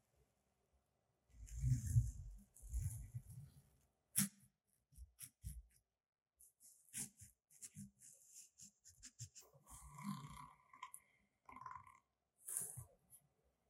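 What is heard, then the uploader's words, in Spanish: Objects are scratched one after another, with soft rasping strokes on different surfaces such as wood, glass and plastic. The scrapes come in short bursts, some low and rubbing, others bright and hissy, with a sharp tick near four seconds and quiet gaps between. Los sonidos de objetos siendo rasguñados con diferentes texturas. Escucharás los sonidos suaves de madera, vidrio, plástico y más.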